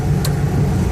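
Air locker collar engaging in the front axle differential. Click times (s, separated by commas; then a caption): 0.2 s. An ARB air locker is switched on in the front axle differential of a Dodge M37, and its air-actuated locking collar engages the differential gears with a clunk at 0.2 s, heard as a short bright transient over a steady low vehicle rumble. The locker is confirmed engaged, giving full spool up front.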